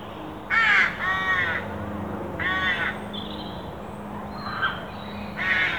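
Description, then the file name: Carrion crow giving several harsh, rasping caws, two in quick succession at the start, over a low steady hum. "Corvus corone"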